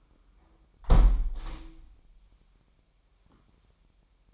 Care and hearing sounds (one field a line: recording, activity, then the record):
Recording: daily activity, microphone in the room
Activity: close window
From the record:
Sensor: 1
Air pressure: 998.2 hPa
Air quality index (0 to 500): 140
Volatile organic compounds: 4 ppm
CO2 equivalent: 1680 ppm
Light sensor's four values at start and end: 15/53/21/21 and 15/53/21/21